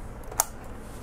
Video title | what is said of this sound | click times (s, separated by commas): Blaze 2 No Video and RGB Troubleshooting | until that latch secures it back in place | 0.4 s